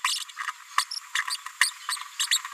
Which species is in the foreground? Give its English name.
Green-rumped Parrotlet